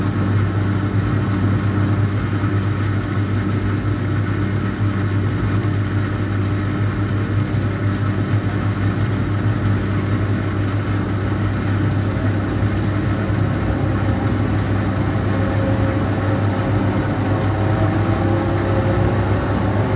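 A washing machine drums steadily through its cycle, a constant low rumble with faint gurgling and no breaks, holding the same level throughout.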